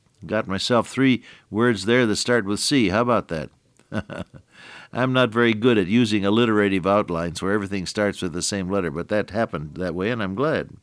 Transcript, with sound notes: Got myself three words there that start with C, how about that? [chuckle] I’m not very good at using alliterative outlines where everything starts with the same letter, but that happened that way and I’m glad.